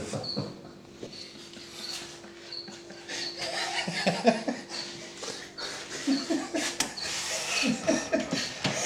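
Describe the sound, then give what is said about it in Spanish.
A failing refrigerator's compressor drones with a low, steady hum, then sputters through irregular rattling bursts before cutting off near the end, with faint chuckles and breathy voices underneath. “Grabamos el último suspiro de la heladera.”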